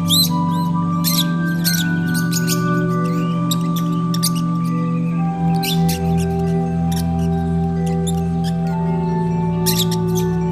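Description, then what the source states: Lovebirds chirp sharply and irregularly, with thin squeaks and short bursts, while a steady layered hum continues in the background. Lovebirds, used for audio therapy.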